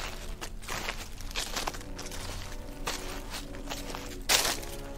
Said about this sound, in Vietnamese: Tiếng bước chân cứ nhèm nhẹp đi ở trong phòng. Một bước đèn tắt, một bước tiếp theo đèn mở. Tiếng bước chân sột soạt vẫn cứ luẩn quẩn ở bên trong.